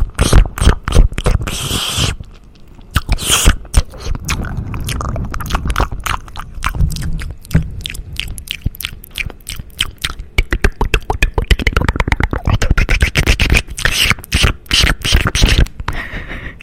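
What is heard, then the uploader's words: Wet, dry mouth sounds: rapid clicks, smacks and sticky lip noises crowd together through the whole clip, with brief hissy bursts near the start and around three seconds. The clicks stay dense and irregular, thinning slightly near two and ten seconds before picking up again. WetDry Mouth Sounds.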